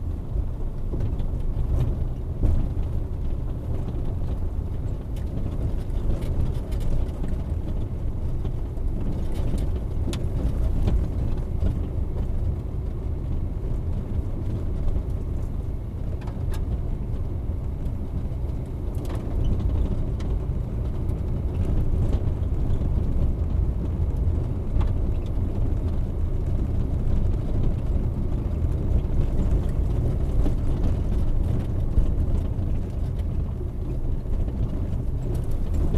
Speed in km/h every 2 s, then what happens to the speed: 14, 14, 17, 19, 21, 23, 23, 23, 24, 25, 27, 27, 27, 27, 25, 21, 18, 16.
0-20 speeds up to 27. 20-26 steady at about 27. 26-36 slows to 16.